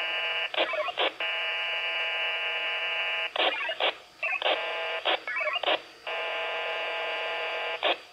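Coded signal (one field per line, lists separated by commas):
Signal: HF data modem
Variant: VARA FM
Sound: harsh buzzing multitone data bursts with brief warbles and clicks between longer blocks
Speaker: and there you have it guys there's vara fm running on the raspberry pi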